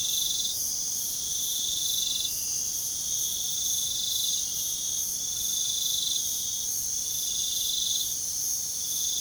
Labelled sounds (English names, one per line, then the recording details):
none
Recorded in pastures near Puerto Asís, Putumayo, Colombia, on 24 June 2025 at 01:30
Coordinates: 0.497, -76.327
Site G040